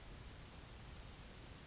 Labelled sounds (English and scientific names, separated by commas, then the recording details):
Grasshopper Sparrow (Ammodramus savannarum)
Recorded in Sonoma County, California